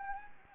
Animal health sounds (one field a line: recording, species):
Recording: mosquito wingbeat signal from an infrared sensor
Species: Anopheles gambiae